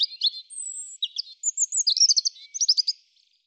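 European robin singing a varied phrase of thin high whistles, a long sustained note and rapid jingling trills, ending in a quick twittering flourish.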